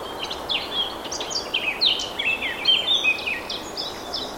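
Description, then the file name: Eurasian blackcap pouring out a rich, rapid warble of mixed whistles and twittering notes throughout, backed by steady noise. "Sylvia atricapilla"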